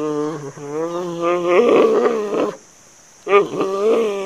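Panda giving a loud drawn-out bleat that rises and turns harsh, then a brief pause and a second wavering bleat.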